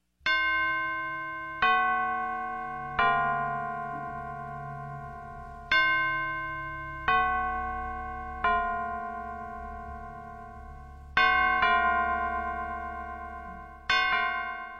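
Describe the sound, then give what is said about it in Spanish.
Church bells toll and peal in a steady series of loud, ringing strikes, each one sharp at the start and then humming away into rich, layered overtones before the next bell sounds. The bells ring for All Saints' Day, uninterruptedly from 12:00 on 1 November until 12:00 on 2 November. “El tañer o repique de las campanas se hace sonar a partir de las 12 horas del 1 de noviembre, Día de los Santos de cada año, y finaliza de sonar ininterrumpidamente hasta las siguientes 12 horas del día 2 del mismo mes,”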